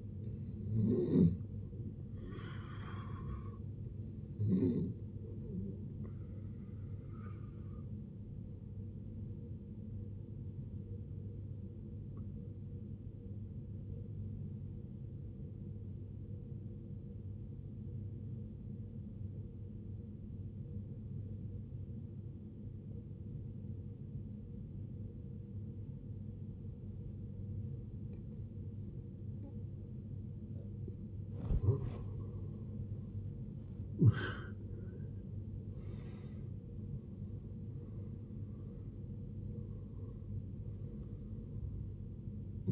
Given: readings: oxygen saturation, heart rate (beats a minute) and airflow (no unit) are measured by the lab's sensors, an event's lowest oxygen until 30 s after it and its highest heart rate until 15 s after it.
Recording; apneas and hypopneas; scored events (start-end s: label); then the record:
breathing in sleep by a smartphone at the bedside; 1
10.00-31.70 s: obstructive apnea (N1, oxygen 95% highest, then 78% lowest, heart rate 58 at the start, 79 highest)
19.00-42.72 s: new sleep stage, N2 (light sleep)
From the record:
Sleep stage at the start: N1 (lightest sleep); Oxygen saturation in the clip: 77 to 95%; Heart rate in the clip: 53 to 79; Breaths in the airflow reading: 6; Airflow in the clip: -19.4 to 16.7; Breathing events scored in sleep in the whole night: 389 in 6.3 hours asleep